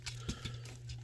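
On the second side of a transforming action figure, a plastic tab on the arm assembly is pushed toward its slot in the figure's body. Short plastic handling knocks and scrapes are heard over a steady low hum. Nothing has seated or clicked yet.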